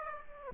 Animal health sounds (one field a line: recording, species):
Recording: mosquito wingbeat signal from an infrared sensor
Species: Aedes aegypti